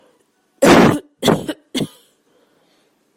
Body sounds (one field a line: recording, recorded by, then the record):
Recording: voluntary cough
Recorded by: messaging app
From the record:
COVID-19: negative